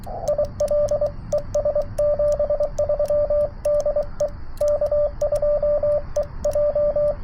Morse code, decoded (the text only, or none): IL ES 73 DE K2EJ